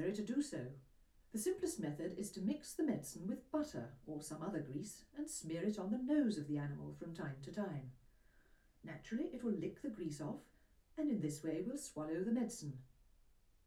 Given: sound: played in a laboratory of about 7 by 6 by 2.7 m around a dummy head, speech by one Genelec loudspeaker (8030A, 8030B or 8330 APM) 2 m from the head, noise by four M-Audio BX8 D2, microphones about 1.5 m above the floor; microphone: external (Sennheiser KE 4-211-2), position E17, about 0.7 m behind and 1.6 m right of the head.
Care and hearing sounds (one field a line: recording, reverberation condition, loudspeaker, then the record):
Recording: female speech in English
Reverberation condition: low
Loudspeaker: 60 degrees to the left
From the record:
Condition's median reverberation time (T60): about 310 ms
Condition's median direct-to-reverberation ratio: about 3.5 dB